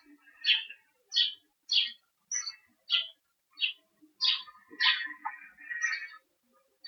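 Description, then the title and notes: Bird chirping, a series of several high chirps, ending in a busier, fuller stretch. Urban outdoor soundscape in Murcia, Spain, recorded during the COVID-19 quarantine. "Historias Sonoras Del COVID 19 Aplausos y Pájaros. Infante Juan Manuel, Murcia. Ambiente exterior. Aplausos y pájaros. Paisaje sonoro de Murcia. España, durante la cuarentena"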